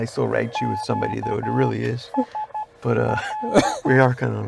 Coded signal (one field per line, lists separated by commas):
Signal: Morse code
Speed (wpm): 11 wpm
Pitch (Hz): 860 Hz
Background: speech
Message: QSL